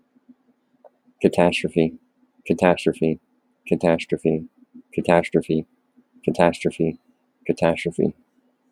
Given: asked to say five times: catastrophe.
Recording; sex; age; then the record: repeated word; male; 30 to 39 years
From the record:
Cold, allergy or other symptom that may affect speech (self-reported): no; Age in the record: 33 years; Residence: Florida, United States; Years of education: 12